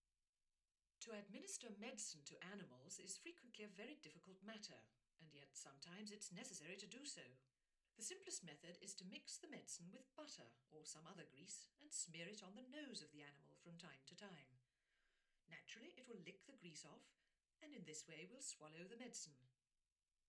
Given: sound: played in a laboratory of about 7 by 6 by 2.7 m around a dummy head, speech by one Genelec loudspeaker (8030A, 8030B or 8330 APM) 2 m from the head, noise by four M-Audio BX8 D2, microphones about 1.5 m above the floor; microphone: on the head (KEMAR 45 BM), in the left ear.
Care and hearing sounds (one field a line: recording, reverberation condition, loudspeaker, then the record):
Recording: female speech in English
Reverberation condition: low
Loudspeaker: 30 degrees to the left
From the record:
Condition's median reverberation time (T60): about 310 ms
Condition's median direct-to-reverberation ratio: about 3.5 dB